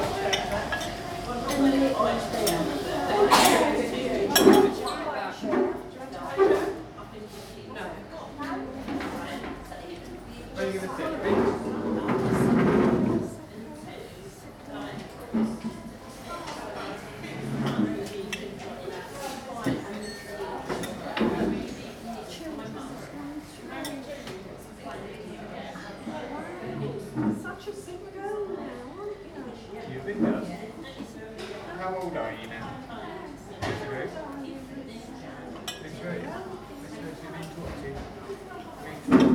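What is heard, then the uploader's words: Lunchtime chatter fills a small English tea room, with several voices talking at once in a steady murmur. Dishes and cutlery clink through the first few seconds, and a louder burst of activity around the twelve-second mark gives way to quieter, continuous conversation. Lunchtime in an English Tea Room. A small English Tea room at lunchtime. Autumnal sunshine is beaming through the windows, with some dark clouds in the distance as a warning of the impending rain.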